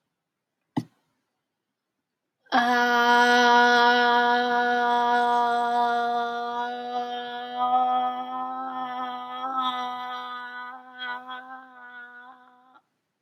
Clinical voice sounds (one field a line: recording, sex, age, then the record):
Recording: vowel held as long as possible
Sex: female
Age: 30 to 39 years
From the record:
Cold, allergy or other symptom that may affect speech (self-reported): no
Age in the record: 32 years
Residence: Nevada, United States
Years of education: 16